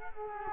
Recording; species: mosquito wingbeat signal from an infrared sensor; Culex quinquefasciatus